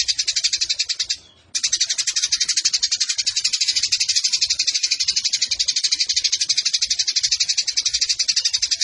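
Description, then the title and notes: Eurasian tree sparrow sustaining a fast, dense chatter of shrill pulses after one short pause near the start. Indonesian burung gereja; fighting (tarung) sparrow giving long 'nembak' bursts with a clear voice, used as a master recording for training competition birds. "GEREJA TARUNG NEMBAK PANJANG SUARA JERNIH MASTERAN WAJIB BURUNG LOMBA. Burung Gereja"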